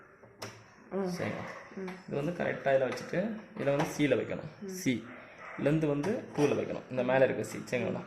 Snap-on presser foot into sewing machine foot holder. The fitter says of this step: இதை எப்படி கரெக்டாக அப்படி வச்சுட்டு இந்த லிவர் இருக்குது பார்த்தீங்களா, இது அதுக்கு நேரம் அப்படி இறக்கி விட்டா கரெக்டாக லாக் ஆகிடும்.